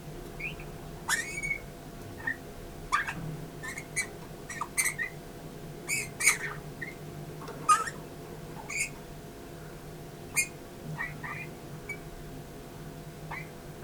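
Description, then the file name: Eurasian bullfinch calling with brief piping notes scattered unevenly throughout, over a low steady hum. "Pyrrhula pyrrhula"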